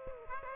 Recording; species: mosquito wingbeat signal from an infrared sensor; Aedes aegypti